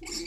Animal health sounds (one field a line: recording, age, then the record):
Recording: pig call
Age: weaner (32 to 43 days)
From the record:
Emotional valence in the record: negative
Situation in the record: short isolation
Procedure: open field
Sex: female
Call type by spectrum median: high-frequency call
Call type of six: high-frequency stable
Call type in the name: high-frequency stable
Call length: 0.27 s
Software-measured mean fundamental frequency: 331 Hz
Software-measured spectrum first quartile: 633 Hz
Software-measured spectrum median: 3432 Hz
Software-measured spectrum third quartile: 5868 Hz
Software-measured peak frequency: 332 Hz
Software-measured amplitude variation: 101 dB a second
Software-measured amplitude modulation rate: 16.6 a second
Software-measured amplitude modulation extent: 6.1 dB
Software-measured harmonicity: 4.9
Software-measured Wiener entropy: -2.86